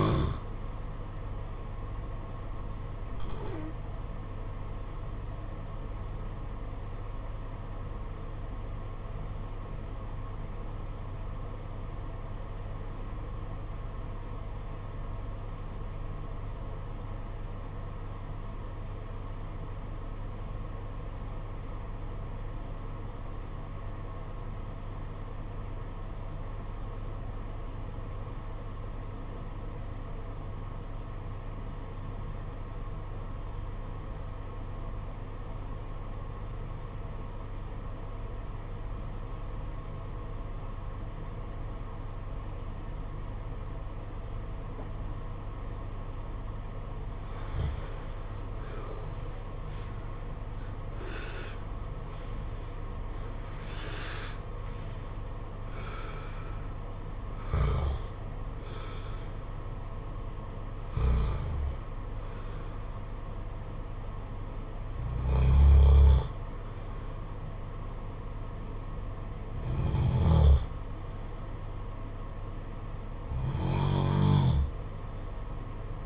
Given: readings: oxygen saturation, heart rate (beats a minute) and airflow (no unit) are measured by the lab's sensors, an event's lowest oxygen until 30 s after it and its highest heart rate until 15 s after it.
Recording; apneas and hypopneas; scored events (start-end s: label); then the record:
breathing in sleep by a smartphone at the bedside; 1
6.00-46.60 s: obstructive apnea (REM, oxygen 95% highest, then 74% lowest, heart rate 49 at the start, 81 highest)
From the record:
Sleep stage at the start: REM sleep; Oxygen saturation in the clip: 74 to 95%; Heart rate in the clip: 46 to 81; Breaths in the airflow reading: 10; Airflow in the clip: -10.4 to 11.8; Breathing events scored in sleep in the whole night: 476 in 9.7 hours asleep